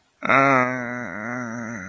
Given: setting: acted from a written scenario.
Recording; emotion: vocal sound without words; guilt